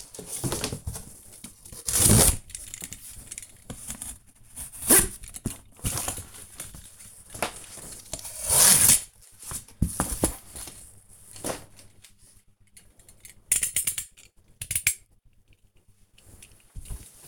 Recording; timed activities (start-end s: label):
household activities, microphone on the right wrist
0.00-12.34 s: cutting cardboard